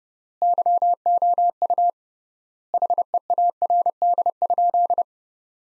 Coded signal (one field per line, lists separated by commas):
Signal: Morse code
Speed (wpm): 30 wpm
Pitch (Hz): 700 Hz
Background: none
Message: YOU HEARD?